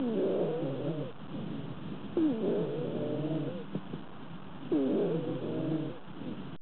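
Stridor in an adult: loud, harsh, musical breath sounds with strong harmonic tones, repeating with each breath about every two and a half seconds, roughly 24 breaths per minute.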